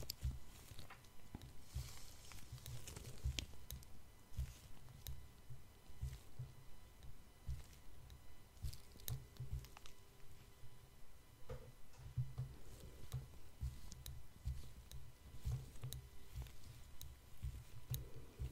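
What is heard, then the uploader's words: Soft rubbing and squishing sounds of gloved hands and tweezers touching a face, in a dense, continuous patter of small contacts. Brief sharper ticks and clicks break through every second or so, over a low, steady rumble. ASMR Personal Attention Face Touching with Gloves Tweezers.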